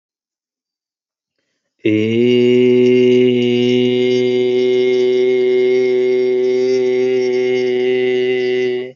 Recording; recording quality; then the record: sustained vowel as in made; excellent, no background noise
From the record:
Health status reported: healthy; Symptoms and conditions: none ticked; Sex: male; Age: 30 years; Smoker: not ticked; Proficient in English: yes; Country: India